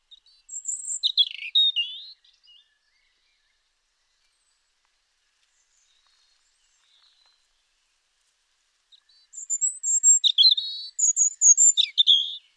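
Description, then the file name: European robin song: two separate phrases of high thin whistles and rapid twitters, with a long silence between them. "Erithacus rubecula"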